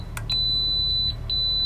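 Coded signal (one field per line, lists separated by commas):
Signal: beep code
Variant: Suzuki outboard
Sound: a high steady electronic beep held through the clip, over a low engine rumble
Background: engine rumble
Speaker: all the way up to 1200 RPM, and it's giving us these long beeps to say no more.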